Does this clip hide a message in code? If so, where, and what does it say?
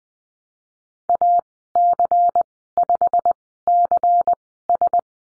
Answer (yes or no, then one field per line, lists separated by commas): yes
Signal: Morse code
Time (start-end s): 1.1-5.0 s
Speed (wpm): 20 wpm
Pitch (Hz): 700 Hz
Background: none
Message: AC5CS